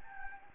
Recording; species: mosquito wingbeat signal from an infrared sensor; Anopheles gambiae